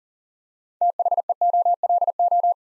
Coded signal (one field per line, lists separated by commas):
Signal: Morse code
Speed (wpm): 40 wpm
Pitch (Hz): 700 Hz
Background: none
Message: THEOLO